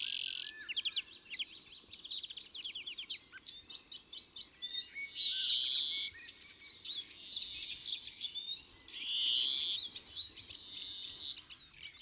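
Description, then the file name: European greenfinch twittering at length with rapid chirps and trills, broken by drawn-out buzzy wheezes. "Chloris chloris"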